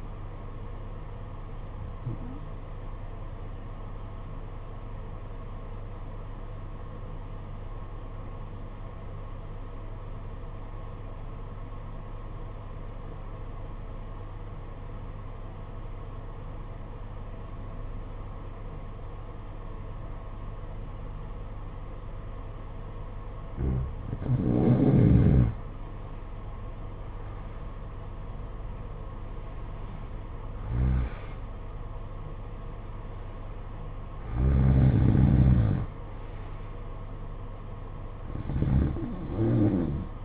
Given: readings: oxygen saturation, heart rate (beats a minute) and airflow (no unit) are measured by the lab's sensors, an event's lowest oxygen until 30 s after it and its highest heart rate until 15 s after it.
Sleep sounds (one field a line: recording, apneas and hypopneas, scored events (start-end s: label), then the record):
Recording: breathing in sleep by a smartphone at the bedside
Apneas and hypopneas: 1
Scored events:
7.00-23.50 s: obstructive apnea (N1, oxygen 93% highest, then 87% lowest, heart rate 55 at the start, 63 highest)
From the record:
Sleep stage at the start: N1 (lightest sleep)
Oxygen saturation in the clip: 88 to 93%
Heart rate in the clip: 52 to 63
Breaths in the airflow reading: 6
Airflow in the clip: -11.5 to 11.1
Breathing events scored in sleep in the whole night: 476 in 9.7 hours asleep